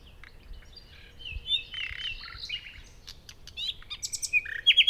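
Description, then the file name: Common nightingale song with quiet whistled notes building into louder rapid chirps and trills toward the end. "Luscinia megarhynchos"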